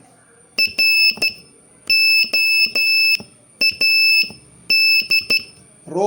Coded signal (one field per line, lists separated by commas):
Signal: Morse code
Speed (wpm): 14 wpm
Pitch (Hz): 2650 Hz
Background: speech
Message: ROAD